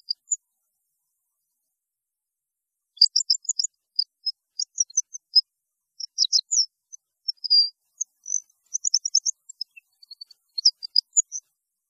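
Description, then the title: European goldfinch song: a couple of brief notes at the start, then a long run of rapid, tinkling high twitters and trills from about three seconds onward. "Chant Chardonneret"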